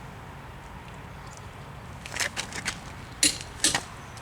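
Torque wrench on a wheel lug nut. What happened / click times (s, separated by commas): The torque wrench clicked at its set torque on the lug nut / 3.2 s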